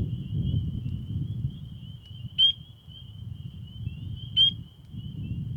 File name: Spring Peeper (Pseudacris crucifer)